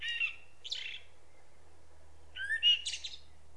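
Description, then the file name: Common blackbird singing two short phrases, mellow whistled notes followed by thin scratchy twittering, with a steady low hum underneath. "Turdus merula"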